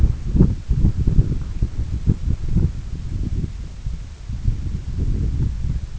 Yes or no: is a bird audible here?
no